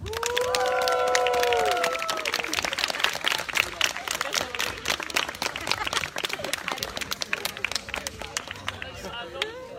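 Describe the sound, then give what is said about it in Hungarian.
A festival audience bursts into sustained, dense applause welcoming the afternoon's star guest, Puzsér Róbert, with a few cheers and whistles rising over the start before the clapping continues steadily to the end. “Úgyhogy gondolom, közhelyesen egy hatalmas tapsal fogadjunk a mai délután sztár vendégét, Puzsér Robertet.”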